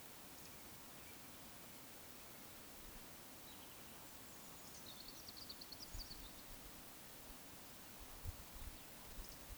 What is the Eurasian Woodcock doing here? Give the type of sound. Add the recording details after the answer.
whistle, croak. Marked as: whistle, croak, croak, whistle. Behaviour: display flight. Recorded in Baden-Württemberg, Germany, on 23 June 2020 at 20:08 UTC. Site 43741, 675 m above sea level